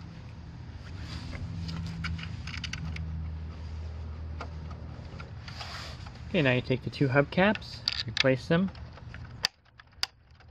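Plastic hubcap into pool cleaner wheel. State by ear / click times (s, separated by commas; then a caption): seated / 9.5 s, 10.0 s. Two plastic hubcaps are placed onto the wheels of a Polaris 3900 Sport pool cleaner and pressed in while someone talks over a low background hum. Sharp snaps at 9.5 s and 10.0 s mark the hubcaps seating in the wheel.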